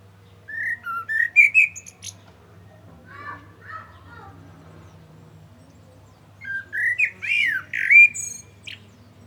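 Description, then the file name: Common blackbird song: mellow fluted whistles ending in high squeaky twitters, two full phrases about six seconds apart with a softer warble between, over a low steady hum. "Turdus merula"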